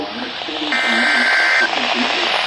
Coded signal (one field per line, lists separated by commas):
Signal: Emergency Alert System (SAME) tones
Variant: header bursts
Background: speech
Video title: Some Strong To DESTRUCTIVE Storms with 60-80mph wind gusts... EAS Alerts From 7/28/23. (EAS 258-281)